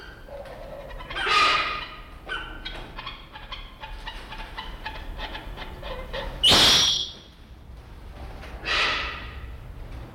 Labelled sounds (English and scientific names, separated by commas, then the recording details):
Silvery-cheeked Hornbill (Bycanistes brevis) call
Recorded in captivity
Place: Zoo Berlin, Berlin, DE
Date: 1992-07-11 11:00
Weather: bedeckt, z.T. Regen, 17-22°C
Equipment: Marantz CP 430, Sennheiser ME 80, Kopie Tesla B 116
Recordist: Tembrock, Günter